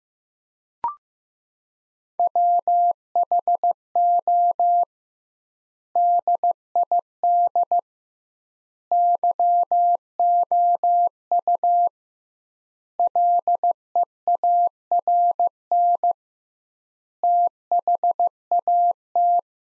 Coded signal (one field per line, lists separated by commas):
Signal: Morse code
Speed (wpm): 15 wpm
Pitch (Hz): 700 Hz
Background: none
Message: WHO DID YOU LEARN THAT